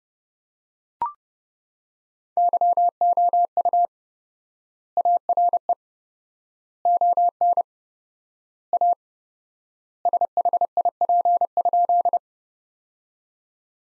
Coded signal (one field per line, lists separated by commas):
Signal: Morse code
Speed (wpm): 30 wpm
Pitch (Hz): 700 Hz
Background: none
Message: YOU ARE ON A SHIP?